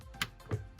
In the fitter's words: 이게 딸깍 소리가 나야 돼요.